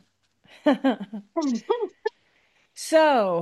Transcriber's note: laughs